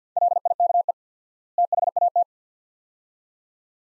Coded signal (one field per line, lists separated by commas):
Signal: Morse code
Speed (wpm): 50 wpm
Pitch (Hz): 700 Hz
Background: none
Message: LIKE THAT